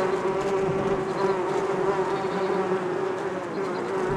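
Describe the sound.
Bees humming steadily, many wings blending into one even, sustained drone without pauses.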